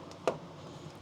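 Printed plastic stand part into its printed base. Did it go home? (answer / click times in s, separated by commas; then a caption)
yes / 0.3 s. A 3D-printed plastic stand part is slid into its printed base and pushed down with a little force. A faint tick at 0.1 s comes before a sharp little snap at 0.3 s, and the part seats firmly in place.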